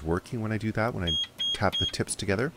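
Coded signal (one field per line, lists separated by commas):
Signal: none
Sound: multimeter continuity beeps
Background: speech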